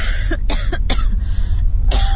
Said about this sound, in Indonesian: Hingga sayup-sayup ketika itu terdengar suara orang batuk-batuk. Nih ya. Suara orang batuk-batuk itu sepertinya terdengar dari lantai bawah.